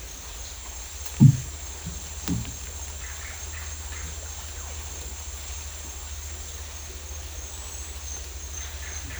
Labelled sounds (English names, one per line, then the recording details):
none
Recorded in dense forest near Puerto Asís, Putumayo, Colombia, on 20 December 2024 at 08:30
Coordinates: 0.467, -76.328
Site GP05